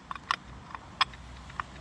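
A clutch component is pushed onto the clutch shaft or hub during a clutch rebuild on a Yamaha Banshee ATV engine, producing a series of short metallic clinks and taps, the sharpest at 0.3 s. The part still has not gone fully home and is not seated all the way.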